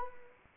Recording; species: mosquito wingbeat signal from an infrared sensor; Anopheles arabiensis